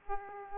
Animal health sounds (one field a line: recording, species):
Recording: mosquito wingbeat signal from an infrared sensor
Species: Aedes aegypti